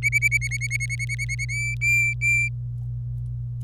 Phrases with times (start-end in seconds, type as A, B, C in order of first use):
0.02-1.45 A, 1.49-2.48 B